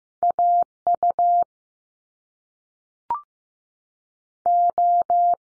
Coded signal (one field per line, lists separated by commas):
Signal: Morse code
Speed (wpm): 15 wpm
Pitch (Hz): 700 Hz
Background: none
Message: A U O